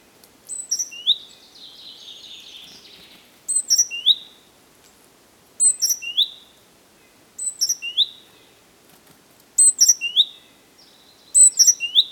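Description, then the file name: Great tit call series: a burst of piercing high chirps, then a soft twittering phrase, then regular clusters of high chirps with slurred ends, repeating every couple of seconds. "Parus major"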